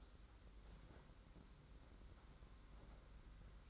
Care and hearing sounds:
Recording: daily activity, microphone in the room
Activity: open fridge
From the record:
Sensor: 3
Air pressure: 991.8 hPa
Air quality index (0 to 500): 215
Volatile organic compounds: 1000 ppm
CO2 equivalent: 7356 ppm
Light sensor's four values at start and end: 33/96/39/33 and 33/96/39/33

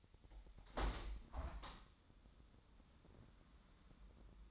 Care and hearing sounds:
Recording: daily activity, microphone in the room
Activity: open window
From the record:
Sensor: 3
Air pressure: 1006.4 hPa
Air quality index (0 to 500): 192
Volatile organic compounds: 14 ppm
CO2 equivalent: 2440 ppm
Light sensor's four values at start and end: 10/23/9/9 and 10/24/10/10

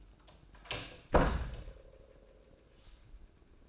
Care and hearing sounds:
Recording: daily activity, microphone in the room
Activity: close door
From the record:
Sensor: 2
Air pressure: 1012.2 hPa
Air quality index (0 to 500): 161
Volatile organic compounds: 2 ppm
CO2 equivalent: 1178 ppm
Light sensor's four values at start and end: 371/925/376/393 and 372/929/377/395

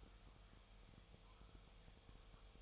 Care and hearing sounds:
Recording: daily activity, microphone in the room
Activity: make coffee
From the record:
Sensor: 1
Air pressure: 1002.0 hPa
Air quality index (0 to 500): 243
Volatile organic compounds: 47 ppm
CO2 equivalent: 3261 ppm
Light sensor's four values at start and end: 8/28/10/11 and 8/28/10/11

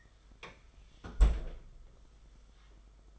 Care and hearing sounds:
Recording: daily activity, microphone in the room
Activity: close fridge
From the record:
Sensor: 5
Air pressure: 991.2 hPa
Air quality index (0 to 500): 112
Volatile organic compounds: 29 ppm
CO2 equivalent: 2944 ppm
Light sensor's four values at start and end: 36/111/42/45 and 35/109/41/44

